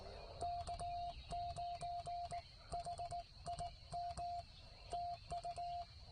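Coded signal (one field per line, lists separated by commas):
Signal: Morse code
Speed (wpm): 19 wpm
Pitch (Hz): 690 Hz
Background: none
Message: K9HIM TU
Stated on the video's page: Parks on the Air activation, offered as call sign copy practice.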